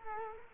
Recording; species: mosquito wingbeat signal from an infrared sensor; Culex quinquefasciatus